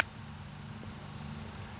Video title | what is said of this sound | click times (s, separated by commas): DIY Solar Power System Part 2 - Installing My System - L2Survive with Thatnub | now it's locked in there | 0.9 s